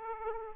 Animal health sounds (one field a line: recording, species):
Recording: mosquito wingbeat signal from an infrared sensor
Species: Aedes aegypti